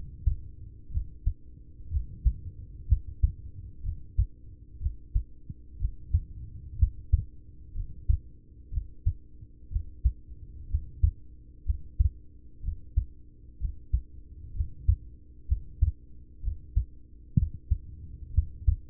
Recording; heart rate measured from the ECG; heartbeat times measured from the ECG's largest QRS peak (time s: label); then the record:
heart sounds by stethoscope; 62 bpm
0.89 s: heartbeat
1.88 s: heartbeat
2.85 s: heartbeat
3.80 s: heartbeat
4.78 s: heartbeat
5.77 s: heartbeat
6.75 s: heartbeat
7.72 s: heartbeat
8.69 s: heartbeat
9.68 s: heartbeat
10.66 s: heartbeat
11.63 s: heartbeat
12.60 s: heartbeat
13.57 s: heartbeat
14.52 s: heartbeat
15.45 s: heartbeat
16.40 s: heartbeat
17.35 s: heartbeat
18.31 s: heartbeat
From the record:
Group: heart failure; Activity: rest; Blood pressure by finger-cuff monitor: 100/55 mmHg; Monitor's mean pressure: 71 mmHg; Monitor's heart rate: 62 bpm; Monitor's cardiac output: 5.8 L/min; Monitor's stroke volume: 95 mL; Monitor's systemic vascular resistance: 870 dyn s/cm5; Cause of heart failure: ischemic heart disease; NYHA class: 1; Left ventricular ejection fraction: 33%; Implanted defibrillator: present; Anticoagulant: apixaban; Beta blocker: carvedilol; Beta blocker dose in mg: 18.75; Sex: male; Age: 39 years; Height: 168 cm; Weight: 72 kg